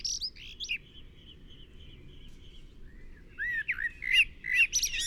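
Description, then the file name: Common blackbird phrase ending in a squeaky twitter, then faint thin notes at a steady pitch, followed by a fresh burst of fluty warbling and high chatter. "Turdus merula"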